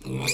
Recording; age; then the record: pig call; weaner (32 to 43 days)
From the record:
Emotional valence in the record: negative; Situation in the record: short isolation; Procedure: open field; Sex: female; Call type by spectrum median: high-frequency call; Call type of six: mixed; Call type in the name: high-frequency modulated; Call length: 0.33 s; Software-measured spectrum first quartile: 470 Hz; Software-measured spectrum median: 2374 Hz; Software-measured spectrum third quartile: 5145 Hz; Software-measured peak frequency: 2410 Hz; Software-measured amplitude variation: 111 dB a second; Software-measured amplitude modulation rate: 15.0 a second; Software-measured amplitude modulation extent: 7.4 dB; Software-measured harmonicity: 4.7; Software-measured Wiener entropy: -3.35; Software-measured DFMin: 1063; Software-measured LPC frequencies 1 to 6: 2388, 3628, 4238, 4791, 6274, 7378 Hz